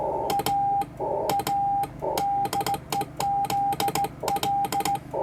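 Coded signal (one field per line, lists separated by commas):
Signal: Morse code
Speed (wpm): 16 wpm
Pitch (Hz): 800 Hz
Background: none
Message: A ADE ZL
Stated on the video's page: 80 metre CW sent by a club station at a field day contest.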